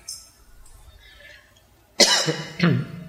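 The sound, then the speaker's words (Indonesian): Two harsh, loud coughs burst out after a quiet stretch during an evening study session, the first longer and raspy, the second following about half a second later. “Kita baca ya untuk menutup sesi malam hari ini di sela-sela taburan batuk.”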